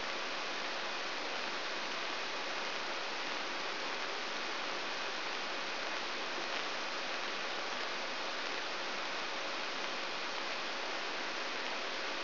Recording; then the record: brain microelectrode recording played as sound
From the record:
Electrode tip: outside the subthalamic nucleus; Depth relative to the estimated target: -6 mm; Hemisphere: left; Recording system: AlphaMap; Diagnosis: Parkinson's disease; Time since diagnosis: 23 years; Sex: male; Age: 65 years